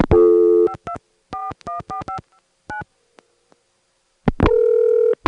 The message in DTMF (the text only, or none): 52414559